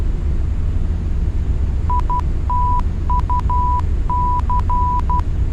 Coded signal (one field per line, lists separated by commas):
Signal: Morse code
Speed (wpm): 12 wpm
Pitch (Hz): 990 Hz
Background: none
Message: ITUC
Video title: #EasternHops | Seattle Tacoma Approach | EAS8780